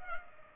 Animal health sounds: mosquito wingbeat signal from an infrared sensor; Culex pipiens

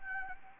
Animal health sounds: mosquito wingbeat signal from an infrared sensor; Anopheles gambiae

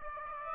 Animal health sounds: mosquito wingbeat signal from an infrared sensor; Aedes aegypti

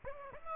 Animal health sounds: mosquito wingbeat signal from an infrared sensor; Aedes aegypti

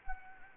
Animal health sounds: mosquito wingbeat signal from an infrared sensor; Anopheles gambiae

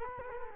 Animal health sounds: mosquito wingbeat signal from an infrared sensor; Culex quinquefasciatus

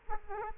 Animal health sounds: mosquito wingbeat signal from an infrared sensor; Aedes aegypti

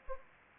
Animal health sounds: mosquito wingbeat signal from an infrared sensor; Anopheles arabiensis

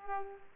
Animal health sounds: mosquito wingbeat signal from an infrared sensor; Culex pipiens

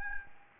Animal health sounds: mosquito wingbeat signal from an infrared sensor; Aedes albopictus

